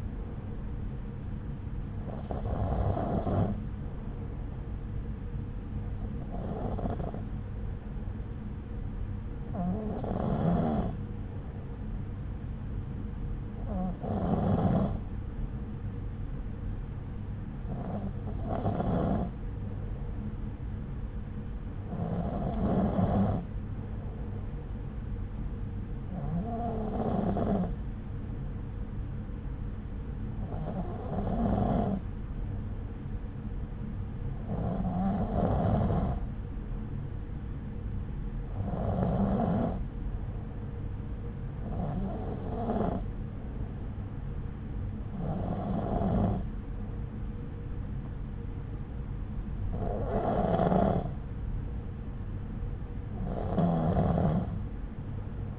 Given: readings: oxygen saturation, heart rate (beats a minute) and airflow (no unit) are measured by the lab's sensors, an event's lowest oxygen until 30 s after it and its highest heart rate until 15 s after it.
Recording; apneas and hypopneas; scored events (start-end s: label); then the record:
breathing in sleep by a smartphone at the bedside; none
none scored
From the record:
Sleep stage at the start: N2 (light sleep); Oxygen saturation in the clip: 93 to 94%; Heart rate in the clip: 63 to 69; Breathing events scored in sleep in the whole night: 303 in 8.1 hours asleep